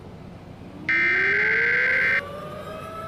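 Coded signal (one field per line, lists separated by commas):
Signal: Emergency Alert System (SAME) tones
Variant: header bursts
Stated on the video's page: Fake horror scenario about a zombie virus; not a real alert.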